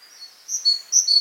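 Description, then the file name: Great tit calling with a run of thin, high whistled notes that grow louder toward the end. "Parus major"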